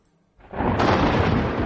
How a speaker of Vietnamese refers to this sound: Trong khoảnh khắc tiếng nổ đinh tai nhức óc từ trên trời vọng xuống, biển sấm sét bị tan biến bởi sự dao động của pháp thuật trước đó. Giờ đây với mức độ còn lớn hơn gấp 10, gấp trăm, lại một lần nữa xuất hiện. Tiếng nổ ầm ầm vang vọng khắp nơi